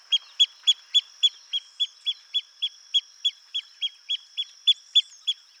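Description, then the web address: Pearl kite calling in a fast, even series of sharp, high piping notes, nearly four per second, over a steady high tone. "sound Pearl-kite. صدای پرنده کورکور مرواریدی"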